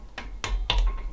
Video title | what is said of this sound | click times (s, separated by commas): Road Bike Build (How To), Step by Step Tutorial for Cheap Budget Bicycle | little click like that | 0.4 s, 0.7 s